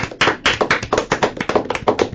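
Steady, rhythmic hand clapping in a studio welcoming a guest, sharp claps at a quick even pace with no voices over them, holding at a fairly loud level for a couple of seconds.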